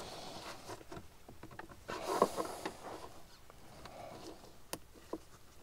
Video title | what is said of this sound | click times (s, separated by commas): Golf 7 installation d'un autoradio Android avec CarPlay et Android auto sans fil | Voilà. Et là vous clipsez, voilà, pas que ça puisse sortir, | 4.7 s